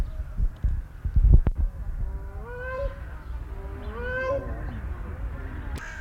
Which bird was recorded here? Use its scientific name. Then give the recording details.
Balearica regulorum. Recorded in captivity. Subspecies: gibbericeps. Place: Zoo Berlin, Berlin, DE. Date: 1994-10-01 13:25. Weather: wolkig (Regen)-heiter, 12°C. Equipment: Marantz CP 430, Sennheiser ME 80, Kopie Uher Variocord 263. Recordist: Tembrock, Günter. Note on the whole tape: Heller Kronenkranich (B. p. gibbericeps): Rufe